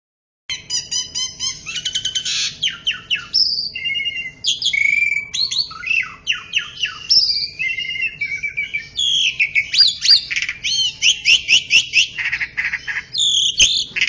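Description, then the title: Oriental magpie-robin singing continuously, mixing sweet whistles, harsh squawky notes and fast repeated chattering phrases, with occasional sharp clicks in the background. "Kicau Kacer"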